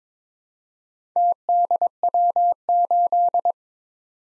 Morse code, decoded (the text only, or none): TDW8